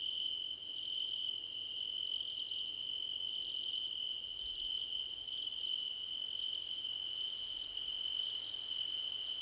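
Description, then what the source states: Crickets chirping in chorus: a steady high trill underneath and rapid pulsed bursts above, broken by short pauses. Crickets in a choir competition.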